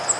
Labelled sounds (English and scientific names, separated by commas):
Cape May Warbler (Setophaga tigrina) flight call